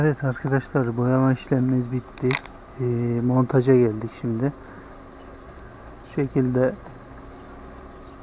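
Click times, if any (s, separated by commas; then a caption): none. During reassembly, a painted chrome plastic interior trim piece for a Toyota Corolla is positioned and lined up on the dashboard panel before being pressed home. Someone talks over a steady background hum, with no sharp impacts. Nothing has seated or clicked yet.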